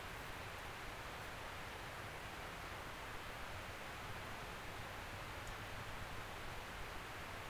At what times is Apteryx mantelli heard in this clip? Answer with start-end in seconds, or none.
none